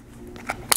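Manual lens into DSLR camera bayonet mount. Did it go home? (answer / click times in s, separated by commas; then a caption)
yes / 0.7 s. A manual-focus legacy lens, with its black dot lined up to the white mount mark, is turned in a DSLR camera's bayonet mount. A faint tick at 0.4 s and a light scrape at 0.5 s lead to a sharp, bright latch click at 0.7 s as the lens seats home.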